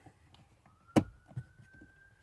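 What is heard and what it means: The electrical wiring connector is pushed onto a new front blower motor (AC and heater fan) in a VW Sharan 7N / Seat Alhambra. After a couple of faint ticks, the connector seats with one loud, sharp click at 1.0 s, while a thin steady tone hums in the background.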